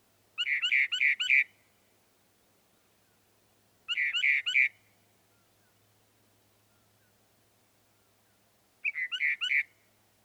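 Northern mockingbird song in repeated bursts of a few rich, harsh notes, with several seconds of quiet between phrases and a faint low hum beneath.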